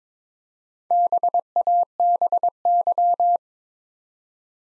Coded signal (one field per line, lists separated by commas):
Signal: Morse code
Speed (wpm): 23 wpm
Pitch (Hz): 700 Hz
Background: none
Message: BABY